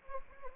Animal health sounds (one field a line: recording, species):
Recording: mosquito wingbeat signal from an infrared sensor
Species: Anopheles arabiensis